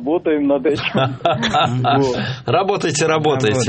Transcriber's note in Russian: все смеются